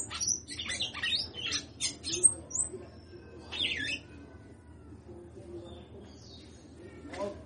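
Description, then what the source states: Red-cowled cardinal song: a quick run of sharp chirped and slurred notes in the first seconds, one more burst just after, then a quieter pause and a faint note near the end, with low background hum. Female singing a lot.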